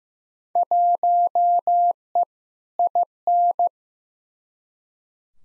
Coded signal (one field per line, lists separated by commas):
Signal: Morse code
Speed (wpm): 15 wpm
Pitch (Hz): 700 Hz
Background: none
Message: 1E IN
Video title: Field Day Exchange v3 - 15wpm